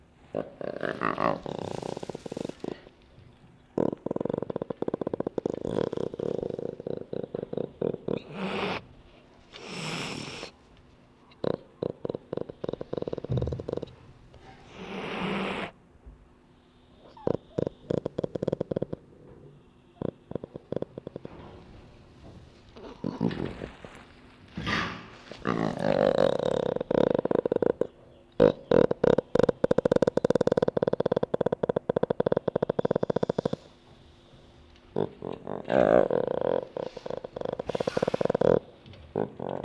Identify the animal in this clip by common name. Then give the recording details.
Jaguar. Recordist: Tembrock, Günter